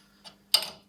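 A torque wrench set to about 1 kg tightens an engine cover bolt on an MBK 51 moped engine. After a faint brief sound near 0.3 s, one sharp tick at 0.6 s (0.55 s) rings out briefly, as the wrench clicks at its setting.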